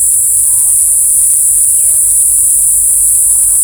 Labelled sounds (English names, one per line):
none